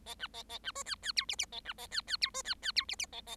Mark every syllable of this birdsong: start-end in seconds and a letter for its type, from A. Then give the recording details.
0.06-0.14 A, 0.19-0.27 B, 0.34-0.42 A, 0.49-0.58 A, 0.64-0.72 B, 0.75-0.83 C, 0.85-0.95 D, 1.02-1.12 D, 1.16-1.25 E, 1.28-1.36 F, 1.38-1.46 F, 1.52-1.60 A, 1.65-1.73 B, 1.78-1.87 A, 1.91-2.01 D, 2.07-2.17 D, 2.21-2.30 E, 2.34-2.42 C, 2.44-2.54 D, 2.62-2.72 D, 2.75-2.85 E, 2.88-2.96 F, 2.99-3.06 F, 3.12-3.21 A, 3.27-3.36 A. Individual Bird7